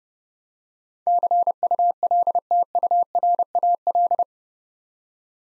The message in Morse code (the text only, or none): CULTURAL